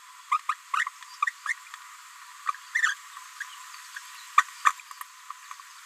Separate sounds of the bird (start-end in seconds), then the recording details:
0.31-0.39, 0.48-0.54, 0.73-0.89, 1.21-1.31, 1.45-1.53, 2.45-2.52, 2.74-2.95, 3.40-3.44, 4.37-4.43, 4.64-4.72. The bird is a female. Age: 27 days. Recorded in a nest box in Venezuela. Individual 17B73B3